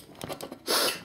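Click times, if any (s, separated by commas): none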